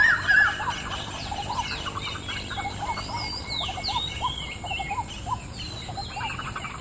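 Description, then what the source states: Waterbirds calling together: continuous layered squawks, short chattering notes and swooping whistles over a constant hiss. Recorded at dawn.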